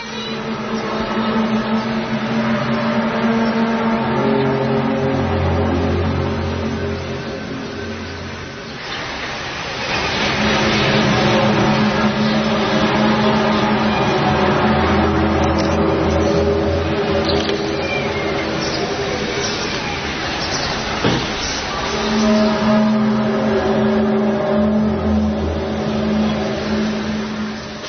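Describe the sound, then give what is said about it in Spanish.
A loud, eerie low hum, recorded in Kiev in 2011 and heard by thousands of people there, drones on continuously, layered with steady tonal overtones that shift and swell, easing briefly before surging back. No voices are heard. “Este era el deham, el zumbido, lo que se oía, lo que miles y miles de personas parecían escuchar en Kiev en el año 2011.”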